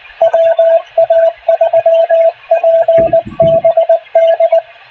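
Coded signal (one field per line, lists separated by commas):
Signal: Morse code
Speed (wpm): 19 wpm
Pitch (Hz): 660 Hz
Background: radio noise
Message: WA3PBD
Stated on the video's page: Weekly club net night.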